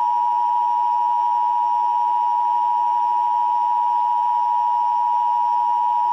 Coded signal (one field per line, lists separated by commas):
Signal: Emergency Alert System (SAME) tones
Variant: 853 and 960 Hz attention tone